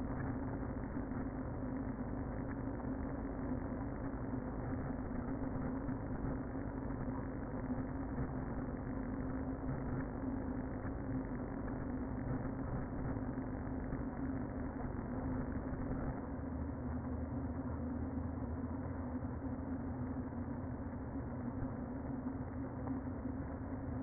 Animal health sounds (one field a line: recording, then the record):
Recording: honeybee colony, microphone inside the hive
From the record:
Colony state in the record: queen present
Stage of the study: before two queens were removed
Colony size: about 60,000 bees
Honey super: yes